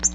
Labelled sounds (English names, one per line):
Nashville Warbler flight call